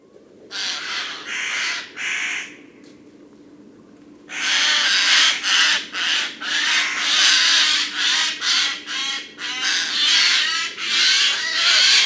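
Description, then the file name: Eurasian jay rasping screeches: a few harsh calls, a quieter pause, then a rapid, loud run of grating, noisy calls in quick succession. "Garrulus glandarius"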